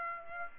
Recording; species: mosquito wingbeat signal from an infrared sensor; Aedes aegypti